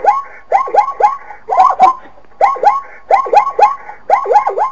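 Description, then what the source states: Zebra calls in several bursts of three or four harsh hoots, with short pauses between the bursts. Zebra screaming.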